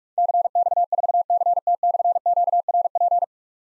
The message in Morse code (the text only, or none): CX4CT/QRP